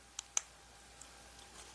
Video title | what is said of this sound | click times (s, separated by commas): Part 15 Building The Fanhome R2-D2 Stages 55, 56, 57, 58 | just push on it and they snap right in | 0.2 s, 0.4 s